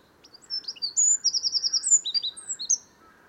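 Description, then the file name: Eurasian wren song, a bright, hurried run of high whistled notes with a fast rattling trill in the middle, lasting about two and a half seconds. "Troglodytes troglodytes"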